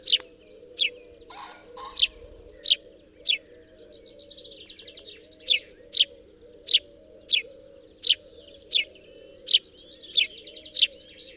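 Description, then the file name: House sparrow calling with crisp repeated chirps and a short chatter, while a low wavering cooing sound continues in the background. "Passer domesticus"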